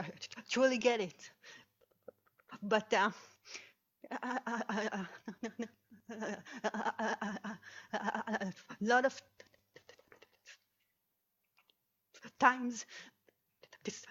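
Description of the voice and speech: An adult woman speaks in broken fragments, with stretched sounds and long silent gaps of several seconds between words, typical of stuttering.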